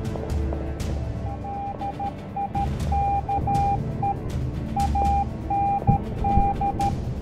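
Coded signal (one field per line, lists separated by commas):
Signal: Morse code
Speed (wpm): 13 wpm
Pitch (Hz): 800 Hz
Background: music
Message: DIKE AND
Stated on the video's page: Morse code radio transmission in a staged WWII comedy skit.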